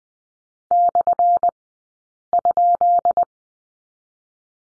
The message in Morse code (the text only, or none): /?